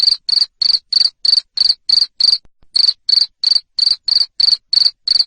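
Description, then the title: Cricket giving loud, even chirps about three a second, one brief break midway, then the same high pulsing resumes. Loud cricket chirping, played to stimulate lovebirds to sing continuously. "Suara JANGKRIK NGERIK Keras Bikin LOVEBIRD Jadi NGEKEK Terus Vubey"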